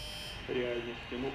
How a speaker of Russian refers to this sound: Пара Егор и Вера звонят в двери дома.